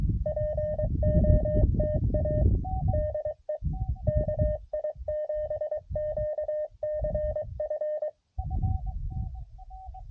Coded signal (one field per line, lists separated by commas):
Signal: Morse code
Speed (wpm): 24 wpm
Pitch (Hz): 610 Hz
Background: radio noise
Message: POTA DE KI7QCF